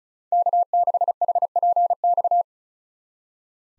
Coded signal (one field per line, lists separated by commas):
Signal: Morse code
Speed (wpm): 36 wpm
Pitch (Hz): 700 Hz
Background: none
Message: K6HPX